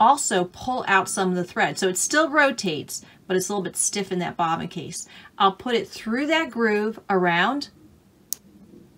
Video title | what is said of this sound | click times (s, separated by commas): Brother/Babylock Embroidery Lesson: Setting the Bobbin Tension | you heard that click and then i pull it back and it's good | 8.3 s